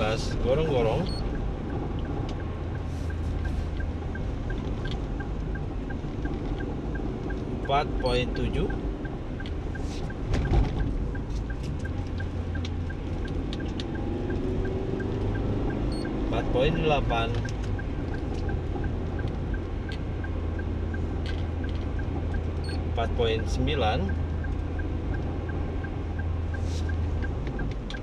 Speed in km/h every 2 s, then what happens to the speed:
52, 51, 50, 47, 46, 47, 48, 50, 52, 53, 54, 53, 51, 49.
0-9 slows to 46. 9-21 speeds up to 54.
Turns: none.